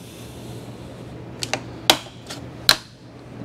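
A plastic shroud panel on the frame of a 2025 Buzzaround LX (GB119) mobility scooter, held by a front clip and a rear clip, is put under tension and pried. After a couple of faint ticks, the plastic clips pop out with sharp snaps at 1.9 s and 2.7 s. The panel comes free.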